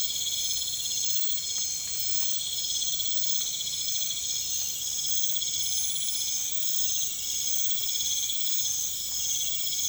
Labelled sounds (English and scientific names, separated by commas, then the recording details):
none
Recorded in pastures near Puerto Asís, Putumayo, Colombia, on 22 December 2024 at 23:00
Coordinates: 0.472, -76.329
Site G072